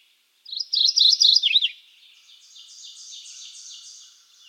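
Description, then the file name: Mourning Warbler song of rapid paired chirps ending in a looping downslur, followed by a fainter, steady high trill. "Geothlypis philadelphia - Mourning Warbler"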